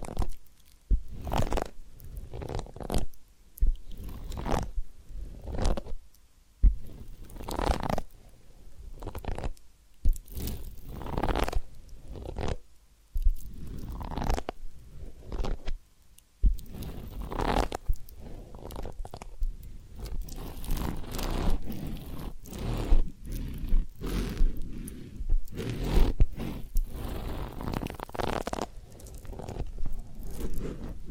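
Ear cleaning and massage sounds: short crackling, crunchy strokes arrive about once a second through the first half, each a quick swell of rubbing. After about 17 seconds the scratching grows denser and nearly continuous, with soft low thumps underneath.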